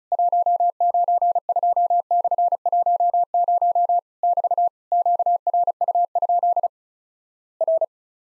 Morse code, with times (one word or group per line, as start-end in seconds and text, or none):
0.1-4.0 192/10
4.2-4.7 <BT>
4.9-6.7 QRU?
7.6-7.8 R